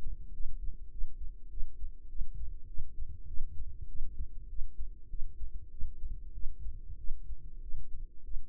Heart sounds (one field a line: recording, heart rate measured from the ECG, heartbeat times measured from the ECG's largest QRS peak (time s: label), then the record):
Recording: heart sounds by microphone in the right ear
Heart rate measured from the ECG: 99 bpm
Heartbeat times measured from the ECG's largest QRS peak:
0.32 s: heartbeat
0.90 s: heartbeat
1.49 s: heartbeat
2.08 s: heartbeat
2.67 s: heartbeat
3.26 s: heartbeat
3.87 s: heartbeat
4.48 s: heartbeat
5.08 s: heartbeat
5.70 s: heartbeat
6.33 s: heartbeat
6.97 s: heartbeat
7.61 s: heartbeat
8.23 s: heartbeat
From the record:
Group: healthy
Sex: female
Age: 22 years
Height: 157 cm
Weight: 47.6 kg